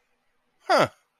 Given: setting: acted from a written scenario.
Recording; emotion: vocal sound without words; interest